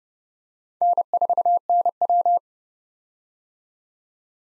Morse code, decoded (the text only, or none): N4NW